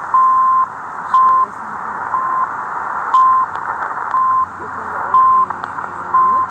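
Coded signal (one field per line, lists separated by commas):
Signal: radio time signal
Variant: CHU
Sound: steady 1 kHz ticks once per second, one longer tone, under radio hiss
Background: radio static, faint background voices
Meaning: Second ticks, the longer first tone marking a minute start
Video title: Chu Canada, ,3330 KHz, a 4057 Kms callada en Casco Viejo, Panamá City.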